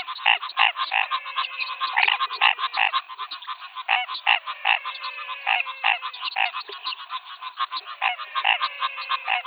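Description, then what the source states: Frogs calling together in a thick, continuous chorus of rapid croaks, nasal bleats and a few gliding falling tones. Frog chorus, 'rush hour', Pantanal, Brazil, 2022.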